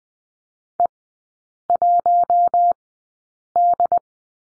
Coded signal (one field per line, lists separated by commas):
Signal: Morse code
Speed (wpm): 19 wpm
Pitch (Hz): 700 Hz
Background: none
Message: E 1 D